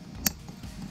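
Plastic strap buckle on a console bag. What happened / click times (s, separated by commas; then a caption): The strap buckle clicked shut / 0.3 s. A plastic strap buckle on the second side of a console bag for an ADV 350 is closed, giving one sharp click at 0.3 s over low background rumble. The buckle clicks shut and is seated, so the bag will not come off.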